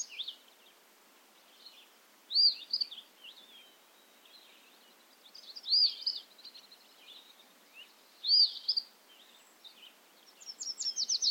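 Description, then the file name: Bobolink phrases, short bright bubbly notes repeated every few seconds between quiet gaps, ending in a quick run of tinkling notes. Recorded at Ferme Beauchamp. "A bobolink talks to you from Ferme Beauchamp"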